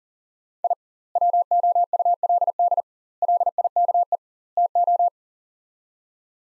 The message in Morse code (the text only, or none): I WOULD LIKE TO